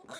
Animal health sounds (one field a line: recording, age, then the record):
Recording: pig call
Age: piglet (1 to 25 days)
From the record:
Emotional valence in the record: negative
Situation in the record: short isolation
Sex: male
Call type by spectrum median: low-frequency call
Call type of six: low-frequency tonal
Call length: 0.20 s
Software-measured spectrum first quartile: 893 Hz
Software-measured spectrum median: 2282 Hz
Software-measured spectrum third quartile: 6303 Hz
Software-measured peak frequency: 656 Hz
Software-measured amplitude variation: 188 dB a second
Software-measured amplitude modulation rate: 24.7 a second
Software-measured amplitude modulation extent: 7.6 dB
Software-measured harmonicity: -0.5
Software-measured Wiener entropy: -2.97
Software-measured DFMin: 514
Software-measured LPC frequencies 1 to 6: 679, 1432, 3704, 6066, 6943, 8442 Hz